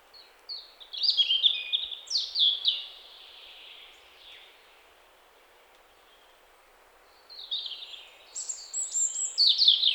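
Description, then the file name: European robin: two bursts of high, thin, cascading warbles separated by a few seconds of silence. "Erithacus rubecula"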